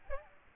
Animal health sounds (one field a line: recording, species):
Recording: mosquito wingbeat signal from an infrared sensor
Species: Aedes albopictus